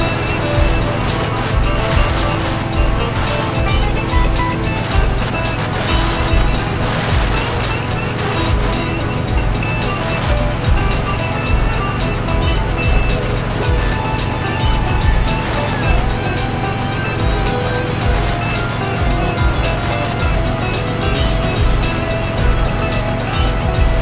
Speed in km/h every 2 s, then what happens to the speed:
89, 89, 92, 90, 90, 92, 89, 92, 92, 90, 90, 92.
0-24 steady at about 90.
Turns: none.